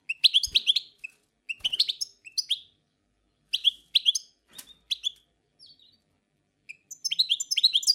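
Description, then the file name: Song Thrush song: short bursts of varied, sharp whistled and chirping phrases, some repeated, separated by brief pauses. Forest songbird singing. "Pevchie pticy lesa - CSHegol"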